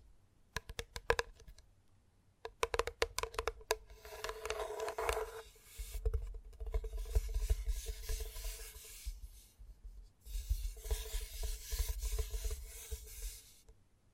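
Gentle tapping opens with two quick clusters of crisp taps in the first few seconds. After that come longer stretches of soft scratchy rubbing that swell and fade in waves, separated by brief quiet gaps, with a low hum underneath.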